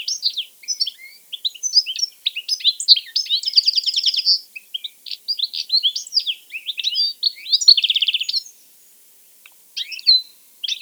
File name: Carduelis carduelis